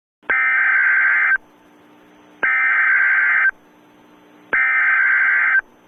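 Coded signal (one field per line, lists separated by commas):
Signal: Emergency Alert System (SAME) tones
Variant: header bursts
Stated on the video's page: Made-up EAS scenario, a simulated dust storm alert.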